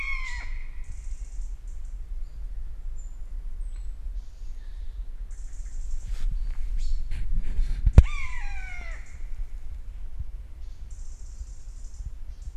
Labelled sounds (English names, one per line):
Common Buzzard call